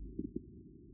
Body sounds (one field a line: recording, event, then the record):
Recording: neck accelerometer signal played as sound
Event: no cough (speech, laughter, throat clearing or background)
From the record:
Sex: male